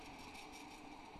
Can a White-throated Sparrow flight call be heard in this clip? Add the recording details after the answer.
no. No flight call is heard. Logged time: 11:22 on 7 December 2014